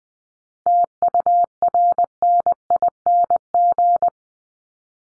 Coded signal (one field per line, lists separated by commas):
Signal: Morse code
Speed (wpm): 20 wpm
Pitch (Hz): 700 Hz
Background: none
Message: TURNING